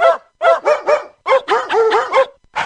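A dog barks loudly in two rapid bursts, about eight sharp, high-pitched yaps in all with a brief pause between the groups and no voices.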